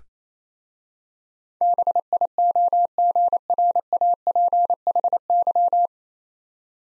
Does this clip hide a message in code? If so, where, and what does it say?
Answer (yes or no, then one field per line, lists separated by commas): yes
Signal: Morse code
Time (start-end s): 1.6-5.9 s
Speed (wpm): 27 wpm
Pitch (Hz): 700 Hz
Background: none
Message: BIOGRAPHY